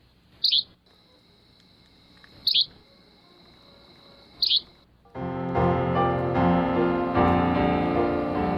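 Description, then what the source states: Yellow-bellied flycatcher song: three short, sharp, high notes, then loud instrumental music takes over. Empidonax flycatcher, with olive green upper parts.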